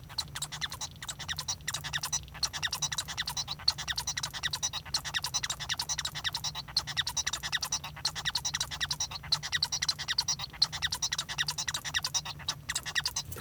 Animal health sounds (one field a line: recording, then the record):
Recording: song of a male Bengalese finch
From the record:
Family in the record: son of father 1